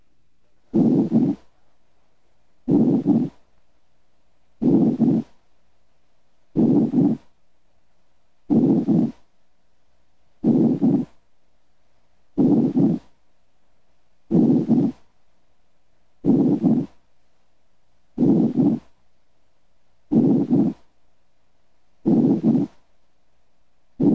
Shallow breathing produces diminished breath sounds. Less air flows through the airways during inspiration and expiration. Turbulence is decreased and breath sounds are diminished.